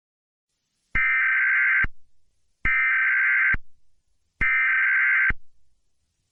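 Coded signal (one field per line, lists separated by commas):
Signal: Emergency Alert System (SAME) tones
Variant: header bursts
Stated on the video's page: Fictional EAS simulation on an FM radio station.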